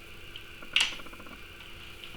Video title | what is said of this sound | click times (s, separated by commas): Oyama Commuter Light 16" folding bike steering column problems | lever here locks | 0.8 s